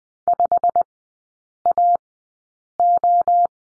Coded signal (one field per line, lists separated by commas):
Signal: Morse code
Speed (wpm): 20 wpm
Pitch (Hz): 700 Hz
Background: none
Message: 5AO